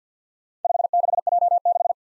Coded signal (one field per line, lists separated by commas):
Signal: Morse code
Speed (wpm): 47 wpm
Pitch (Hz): 700 Hz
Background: none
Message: 56J6